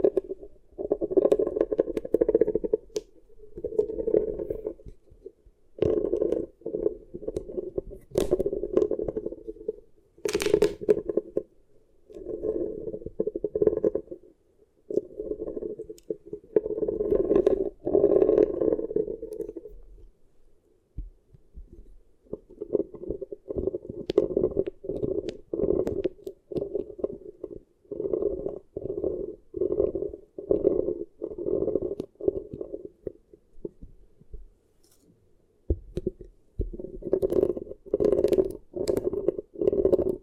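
Beeswax squished against the ears makes muffled, rhythmic rubbing pulses with sticky crackles, pausing briefly around twenty and thirty-five seconds before resuming.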